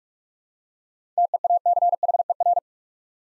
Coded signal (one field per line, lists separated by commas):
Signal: Morse code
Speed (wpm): 44 wpm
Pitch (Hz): 700 Hz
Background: none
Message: TEACHER